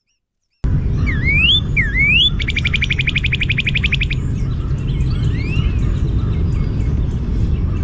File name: NOCA song